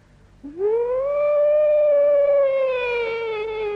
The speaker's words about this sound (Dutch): Let op, ik roep de wind weer.